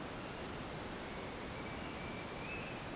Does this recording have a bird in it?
yes